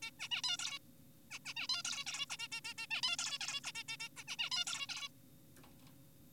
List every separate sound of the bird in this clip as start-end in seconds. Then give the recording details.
0.02-0.11, 0.20-0.29, 0.31-0.42, 0.44-0.57, 0.59-0.79, 1.31-1.39, 1.45-1.54, 1.57-1.67, 1.69-1.83, 1.85-2.05, 2.07-2.26, 2.30-2.37, 2.39-2.48, 2.52-2.61, 2.65-2.74, 2.78-2.87, 2.91-3.01, 3.03-3.17, 3.19-3.39, 3.41-3.61, 3.64-3.72, 3.75-3.83, 3.89-3.97, 4.00-4.09, 4.17-4.23, 4.28-4.36, 4.39-4.50, 4.51-4.64, 4.67-4.87, 4.89-5.09. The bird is an adult. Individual g4p5U